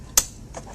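A seat tube with a spring button that depresses automatically is pressed into the frame of a Graco Love and Hug Swing from the back side. A sharp, bright click sounds at 0.2 s as the tube seats, followed by a much fainter tick near 0.8 s. The seat tube is locked into the swing frame.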